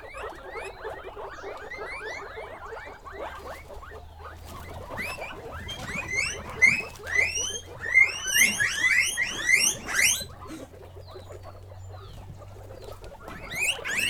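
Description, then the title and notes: Guinea pig squeals: a crowded mix of quick chirps builds into loud rising whistled squeaks around the middle, then eases off, with a faint low hum at times. Guinea pig (cuy) pen, during a sound residency on traditional kitchens in Pujilí, Ecuador, in 2019. "Yanuna_Paisajes. CORRAL_CUY. en Pujilí - Ecuador 2019"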